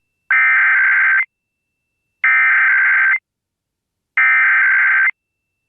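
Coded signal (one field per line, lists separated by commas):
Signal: Emergency Alert System (SAME) tones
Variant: header bursts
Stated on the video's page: New Jersey monthly required test relayed over broadcast stations; half the stations failed to relay and those that did relayed it with errors.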